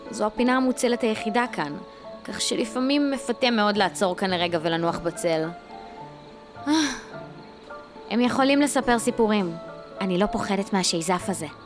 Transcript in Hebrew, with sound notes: זו הפינה המוצלת היחידה כאן. כך שלפעמים מפתה מאוד לעצור כאן לרגע ולנוח בצל (נאנחת מעייפות) הם יכולים לספר סיפורים. אני לא פוחדת מהשיזף הזה.